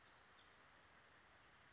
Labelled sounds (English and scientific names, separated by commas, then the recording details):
Pacific Wren (Troglodytes pacificus)
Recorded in Sonoma County, California